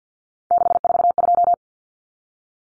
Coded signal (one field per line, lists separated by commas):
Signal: Morse code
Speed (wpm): 50 wpm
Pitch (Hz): 700 Hz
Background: none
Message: 642